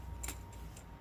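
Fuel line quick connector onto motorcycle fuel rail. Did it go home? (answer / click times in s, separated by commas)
yes / 0.2 s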